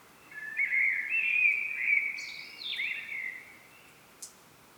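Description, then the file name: Common blackbird singing one long phrase of low rich fluting notes, ending in higher scratchy twittering, followed by a brief sharp click. "Turdus merula"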